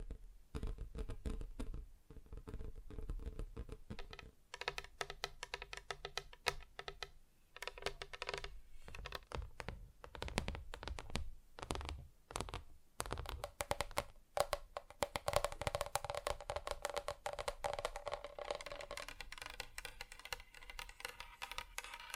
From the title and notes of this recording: ASMR Just Tapping (Different Surfaces No Talking).